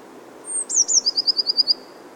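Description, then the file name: Eurasian blue tit call with a fine high opening note, two downslurred chips and a brisk trill of about seven short notes. "Cyanistes caeruleus"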